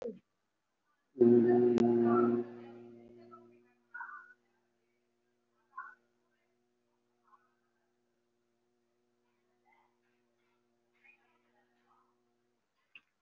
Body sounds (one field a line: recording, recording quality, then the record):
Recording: sustained vowel as in boot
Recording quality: moderate, slight background noise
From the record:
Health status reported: recovered from COVID-19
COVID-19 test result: positive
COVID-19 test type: RT-PCR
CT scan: taken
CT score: 0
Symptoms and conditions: cough, asthma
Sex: male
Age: 18 years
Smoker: no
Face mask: worn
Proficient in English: yes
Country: India